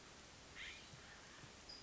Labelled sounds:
California Scrub-Jay (Aphelocoma californica)
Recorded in Sonoma County, California

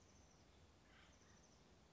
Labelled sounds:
Acorn Woodpecker (Melanerpes formicivorus)
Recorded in Sonoma County, California

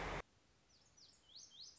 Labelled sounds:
Lazuli Bunting (Passerina amoena)
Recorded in Sonoma County, California

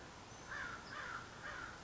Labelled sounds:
American Crow (Corvus brachyrhynchos)
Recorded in Sonoma County, California

